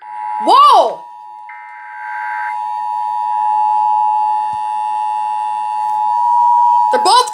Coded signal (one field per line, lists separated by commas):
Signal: Emergency Alert System (SAME) tones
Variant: 853 and 960 Hz attention tone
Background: speech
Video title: EAS - 2021 National EAS test on KNOW, KSTP, and WJON IP 8/11/2021